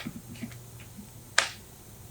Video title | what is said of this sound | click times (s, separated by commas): Prolux X8 Elite -Unboxing, Assembly and Overview- | you'll kind of hear it click but just | 1.4 s